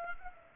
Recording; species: mosquito wingbeat signal from an infrared sensor; Aedes aegypti